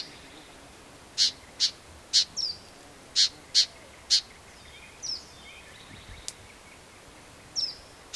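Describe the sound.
Black-capped vireo song: a string of sharp clicks mixed with scattered high slurred notes, and a single snap late on.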